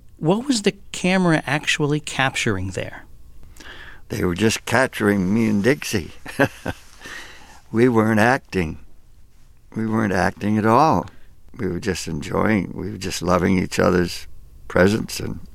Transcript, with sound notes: What was the camera actually capturing there?
They were just capturing me and Dixie. (Soundbite of laughter) We weren't acting. We weren't acting at all. We were just enjoying - we were just loving each other's presence and